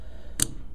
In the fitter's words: boom boom now this is popped in there and as you see he's not coming out again